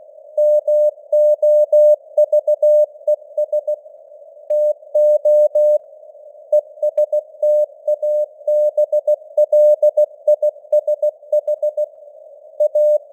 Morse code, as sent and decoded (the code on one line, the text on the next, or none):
-- --- ...- . ... / - --- / . ... - .- -... .-.. .. ... .... / .-
MOVES TO ESTABLISH A